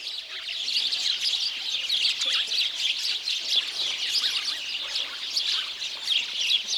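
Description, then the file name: House sparrows chirping in a dense, continuous chorus of short, bright chirps overlapping throughout, with no pauses. "Passer domesticus"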